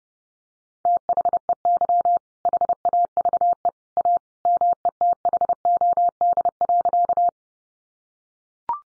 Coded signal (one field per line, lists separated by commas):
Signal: Morse code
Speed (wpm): 30 wpm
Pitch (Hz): 700 Hz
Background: none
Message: THEY HAVE A METHOD.